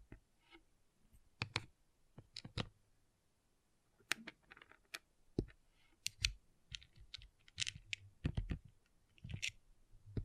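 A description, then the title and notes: Small plastic pixel art beads click and clatter in irregular bursts, sharp bright taps clustering near the end, with a brief quiet stretch around three seconds. ASMR Relaxing Pixel Art Beads ( No Talking).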